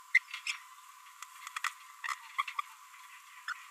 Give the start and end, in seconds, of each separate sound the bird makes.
0.15-0.18, 0.47-0.55, 1.56-1.58, 1.64-1.69, 2.04-2.14, 2.38-2.42, 2.48-2.51, 2.59-2.60, 3.48-3.53